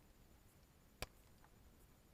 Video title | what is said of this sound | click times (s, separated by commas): SUCCESS! Solar panels are installed and the cabin is hard-wired into the system. | then just like the positive side this one you stick in and it you'll hear a little snap | 1.0 s